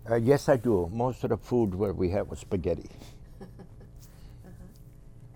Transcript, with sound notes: Yes, I do. Most of the food where we had was spaghetti.
( she laughs ) Uh-huh.